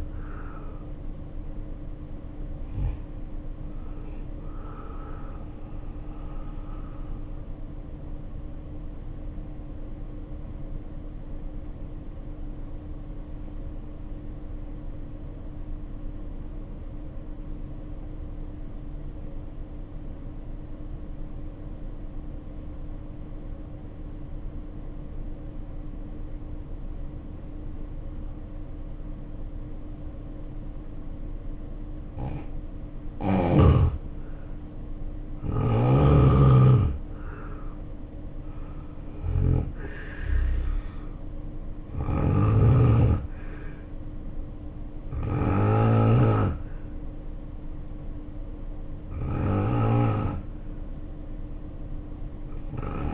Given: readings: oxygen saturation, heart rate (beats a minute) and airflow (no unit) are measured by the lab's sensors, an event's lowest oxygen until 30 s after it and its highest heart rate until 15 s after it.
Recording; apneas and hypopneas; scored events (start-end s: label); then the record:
breathing in sleep by a smartphone at the bedside; 1
16.00-32.50 s: obstructive apnea (N2, oxygen 95% highest, then 78% lowest, heart rate 54 at the start, 74 highest)
17.00-47.00 s: new sleep stage, N1 (lightest sleep)
47.00-53.14 s: new sleep stage, N2 (light sleep)
From the record:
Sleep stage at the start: N2 (light sleep); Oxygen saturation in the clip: 78 to 95%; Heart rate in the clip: 54 to 74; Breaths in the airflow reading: 7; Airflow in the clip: -3.6 to 6.2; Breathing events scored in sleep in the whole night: 520 in 7.2 hours asleep